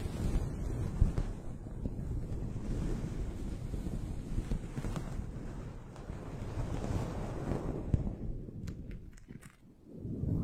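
Wind buffets a foam microphone windscreen, producing a dense, low rumbling roar with irregular thumps throughout. Near the end the rumble eases and a few faint clicks appear before the buffeting swells again in the last second.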